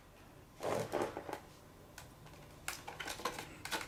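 A replacement plastic motor pod is handled and pushed into the arm of a 3DR Solo quadcopter drone while its motor is being replaced after a major crash. Scraping, rubbing bursts come around 0.6–1.4 s, followed by a quieter stretch and then short, sharp taps at about 2.7 s and 3.3 s with more handling noise near the end. The pod has not yet been pressed down on top, and nothing has seated or clicked yet.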